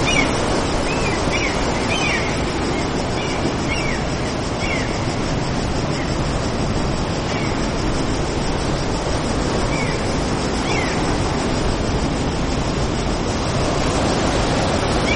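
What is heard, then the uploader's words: Crashing waves blend into a dense, unbroken wash of surf that stays at an even loudness throughout, with no distinct swells rising or falling. Faint, short bird-like chirps surface above the roar every few seconds, especially near the start and around ten seconds. BEACHSIDE SUMMER DAY AMBIENCE.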